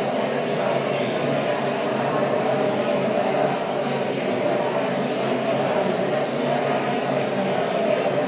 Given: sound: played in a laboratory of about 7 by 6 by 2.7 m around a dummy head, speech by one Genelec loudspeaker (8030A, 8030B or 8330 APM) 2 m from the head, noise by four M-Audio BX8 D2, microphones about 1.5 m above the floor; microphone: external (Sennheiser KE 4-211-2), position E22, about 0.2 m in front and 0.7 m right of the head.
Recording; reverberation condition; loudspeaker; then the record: babble noise; high; four, about 170 cm from the corners of the room and facing them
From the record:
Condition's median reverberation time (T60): about 1300 ms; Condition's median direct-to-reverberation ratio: about -4.0 dB